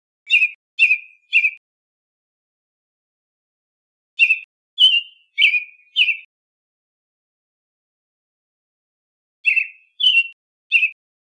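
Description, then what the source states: American robin calling: sharp, clipped chirps in three spaced clusters of three or four notes each, with silence between the bursts. Recorded in Costa Rica.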